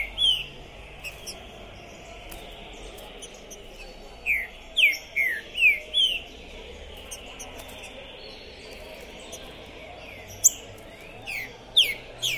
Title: ESQUENTAR Seu TRINCA Piando, Cantando E Macheando Na DISPUTA. Esse TRINCA FERRO ficou POSSUÍDO na PORTA do TORNEIO! Trinca Ferro Pistoleiro 2021